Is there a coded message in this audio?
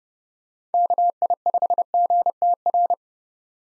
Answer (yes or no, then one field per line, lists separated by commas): yes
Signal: Morse code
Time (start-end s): 0.7-2.9 s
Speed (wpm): 30 wpm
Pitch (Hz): 700 Hz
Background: none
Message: KI5GTR